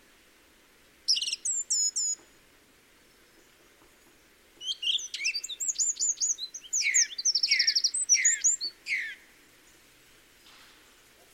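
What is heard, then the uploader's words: A song thrush sings in bright, repeated phrases, with a short burst around one second and a busier run of varied, whistled notes and rapid trills from about four and a half to nine seconds. Between phrases there are quiet pauses over a faint low hiss. Thrush and wren, Peak District. Mainly songthrush, accompanied by a wren. During lockdown. Recorded by Ian Evetts.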